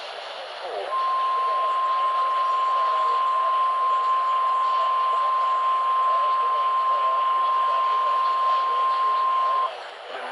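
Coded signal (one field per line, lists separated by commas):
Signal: Emergency Alert System (SAME) tones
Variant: 1050 Hz attention tone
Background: speech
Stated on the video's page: Alerts received by late-night AM DX reception of distant broadcast stations, also relayed via a station's stream.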